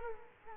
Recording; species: mosquito wingbeat signal from an infrared sensor; Culex quinquefasciatus